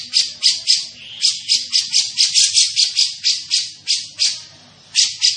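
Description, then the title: Grey-cheeked bulbul chattering in rapid, scratchy, high notes, evenly repeated several times a second, with one longer gap near the end. Bird singing persistently (gacor); voice described as dense and clear. "Cucak Jenggot Gacor, Suara Rapat Dan Jernih"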